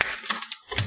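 The plastic screen bezel is pried off the display lid of an HP Pavilion dm1 laptop, and its retaining clips pop free one after another. A sharp plastic snap is heard at 0.0 s, followed by further snaps around 0.3, 0.5 and 0.8 s. The clips are released, and hearing the snap is a good sign.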